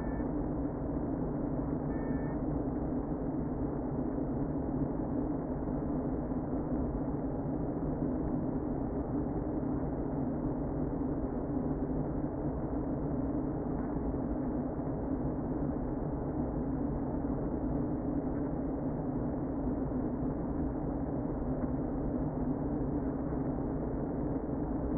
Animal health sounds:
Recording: honeybee colony, microphone inside the hive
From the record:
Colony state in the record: queen present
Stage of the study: before two queens were removed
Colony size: about 60,000 bees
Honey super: yes

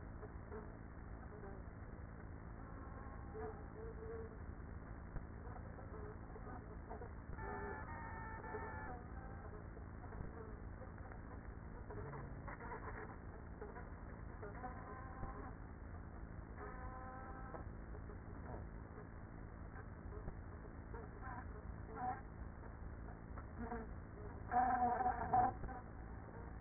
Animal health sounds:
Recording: honeybee colony, microphone inside the hive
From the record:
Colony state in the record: queenless with a low population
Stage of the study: after two queens were removed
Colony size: about 30,000 bees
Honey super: no

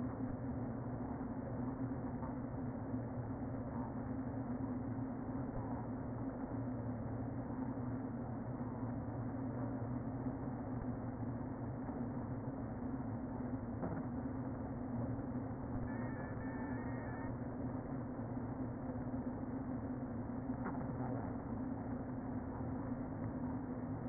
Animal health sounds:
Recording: honeybee colony, microphone inside the hive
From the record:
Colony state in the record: queen present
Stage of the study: before two queens were removed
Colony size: about 60,000 bees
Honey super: yes

